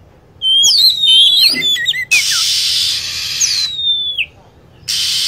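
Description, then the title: Lovebird rapid high chirps and chatter at the start, then a falling chirp between long bursts of hiss. Lure sound played to attract lovebirds. "PIKAT BURUNG LOVEBIRD"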